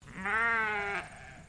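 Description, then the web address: Dorper sheep giving a single steady baa lasting about a second and ending abruptly. Dorper breed sheep baaing. "Sound Effects-Foundation 1 ANIMAL SHEEP DORPER BAA"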